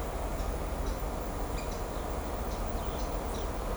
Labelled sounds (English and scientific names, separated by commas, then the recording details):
none
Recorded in shrubland near Pivijay, Magdalena, Colombia, on 5 June 2023 at 17:30
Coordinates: 10.453, -74.365
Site P5-G022